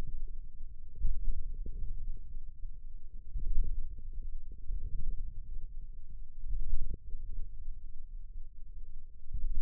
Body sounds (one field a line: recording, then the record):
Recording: forearm muscle sounds (acoustic myography)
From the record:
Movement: wrist flexion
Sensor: system 1, eight BSWA MPA416 microphones around the upper forearm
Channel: 6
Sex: male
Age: 54 years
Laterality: right